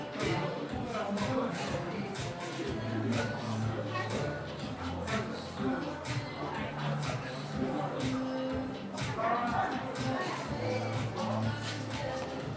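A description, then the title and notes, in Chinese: A busy Apple store in Sanlitun, Beijing, at eight in the evening: many overlapping voices form a dense, steady murmur of talk throughout. Frequent short clicks, knocks and shuffling footsteps punctuate the chatter, with a few higher tones surfacing briefly around the middle. 晚上八点的Apple店｜城市声音。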